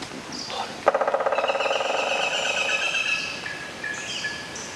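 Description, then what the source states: Woodpecker tapping at wood: a fast, even run of sharp knocks lasting a few seconds. Woodpecker drilling a hole in a tree.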